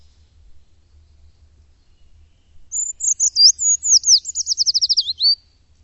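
A bird giving a high, thin series of chirps that speeds up into a rapid trill, lasting under three seconds, with quiet surroundings.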